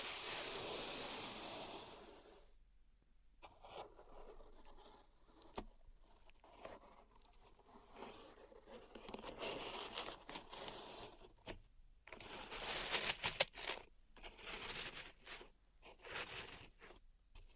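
Pink salt being raked and handled in a zen garden, with dense, irregular scraping and crunching throughout. A loud steady hiss fills the first two seconds, then gives way to quick grainy strokes and taps, busiest around ten and thirteen seconds.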